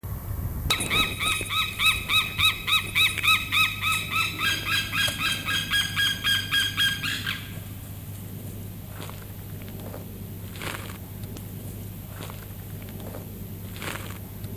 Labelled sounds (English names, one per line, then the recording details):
White-tailed Eagle call
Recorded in captivity
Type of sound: call sequence
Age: adult
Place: Tierpark Berlin, Berlin, DE
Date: 2008-08-31 16:45
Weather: sonnig, ca. 23°C
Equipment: Sony WM-D6C, Sennheiser ME 80, Kopie Uher 4000 Report Monitor
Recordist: Tembrock, Günter
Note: Rufreihe